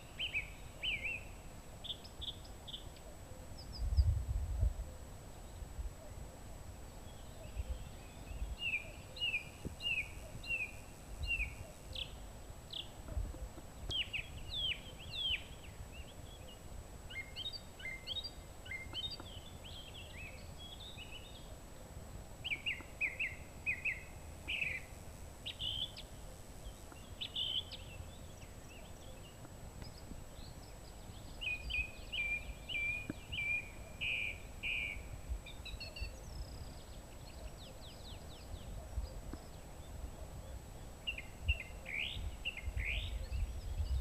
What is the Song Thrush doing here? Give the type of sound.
song